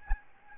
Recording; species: mosquito wingbeat signal from an infrared sensor; Aedes albopictus